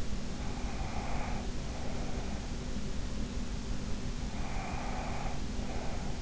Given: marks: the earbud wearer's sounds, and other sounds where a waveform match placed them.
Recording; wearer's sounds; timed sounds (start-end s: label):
sounds in sleep by an in-ear microphone; breath
0.45-2.39 s: breath
4.39-6.22 s: breath